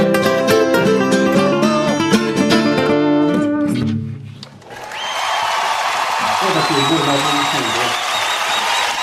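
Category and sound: crowd, enthusiastic applause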